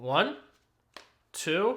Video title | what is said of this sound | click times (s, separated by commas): The BEST Clear Case For The iPhone 16 Pro Max!! | three and four all four corners fit very nicely they're not the loudest clicks on there | 1.0 s